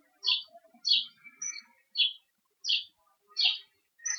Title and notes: Historias Sonoras Del COVID 19 Aplausos y Pájaros. Infante Juan Manuel, Murcia. Ambiente exterior. Aplausos y pájaros. Paisaje sonoro de Murcia. España, durante la cuarentena